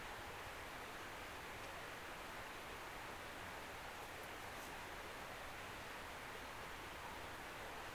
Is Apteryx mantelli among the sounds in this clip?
no